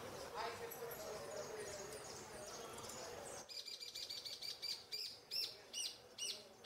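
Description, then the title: Saffron finch singing a series of short, high chirping notes over the second half, after a few seconds of noisy background. "Jilguero Argentino"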